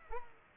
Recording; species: mosquito wingbeat signal from an infrared sensor; Culex pipiens